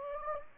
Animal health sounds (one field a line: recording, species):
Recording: mosquito wingbeat signal from an infrared sensor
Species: Anopheles gambiae